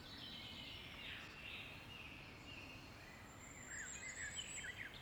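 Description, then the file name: Common blackbird: faint warbled phrases early on, then a thin, high twittering near the end, over steady low background noise. "Merle noir"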